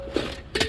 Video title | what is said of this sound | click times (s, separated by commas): 2018 Focus St - Customer Has No Reverse After Installing His Own Radio and Here Is Why | come in here like so, snap that back in, and | 0.6 s